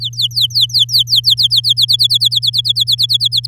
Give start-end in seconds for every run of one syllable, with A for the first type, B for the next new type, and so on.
0.00-1.60 A, 1.64-3.46 B